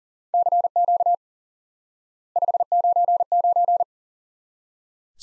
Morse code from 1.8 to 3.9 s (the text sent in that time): 599